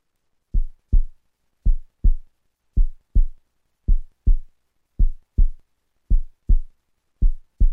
Daily life heart beating sound effect.